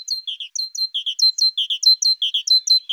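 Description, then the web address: Great tit song: a steady, rapid series of clear notes, pairs of high notes alternating with pairs of lower notes throughout. "Parus major"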